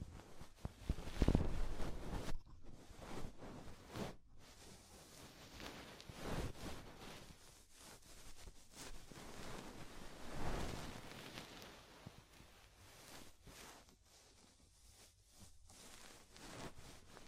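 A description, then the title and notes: ASMR ear cleaning: soft scratching and rustling rubs come in uneven waves, with a sharp loud scrape just after the start. Brighter swells of friction rise around six and ten seconds, then the sounds thin into quieter, broken brushing toward the end. ASMR DEEP Ear Penetrating Cleaning (No Talking).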